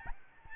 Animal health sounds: mosquito wingbeat signal from an infrared sensor; Aedes albopictus

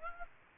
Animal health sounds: mosquito wingbeat signal from an infrared sensor; Aedes aegypti

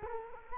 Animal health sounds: mosquito wingbeat signal from an infrared sensor; Culex quinquefasciatus

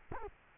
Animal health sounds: mosquito wingbeat signal from an infrared sensor; Culex quinquefasciatus

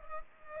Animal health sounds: mosquito wingbeat signal from an infrared sensor; Culex pipiens

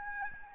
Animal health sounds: mosquito wingbeat signal from an infrared sensor; Aedes albopictus

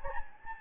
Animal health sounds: mosquito wingbeat signal from an infrared sensor; Anopheles gambiae

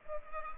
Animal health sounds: mosquito wingbeat signal from an infrared sensor; Culex pipiens

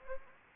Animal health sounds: mosquito wingbeat signal from an infrared sensor; Anopheles arabiensis

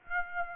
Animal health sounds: mosquito wingbeat signal from an infrared sensor; Aedes aegypti

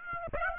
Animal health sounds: mosquito wingbeat signal from an infrared sensor; Aedes aegypti

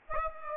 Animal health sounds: mosquito wingbeat signal from an infrared sensor; Aedes aegypti

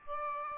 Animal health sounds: mosquito wingbeat signal from an infrared sensor; Aedes aegypti

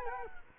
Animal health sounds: mosquito wingbeat signal from an infrared sensor; Culex quinquefasciatus

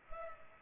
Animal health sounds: mosquito wingbeat signal from an infrared sensor; Culex pipiens

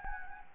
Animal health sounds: mosquito wingbeat signal from an infrared sensor; Anopheles gambiae

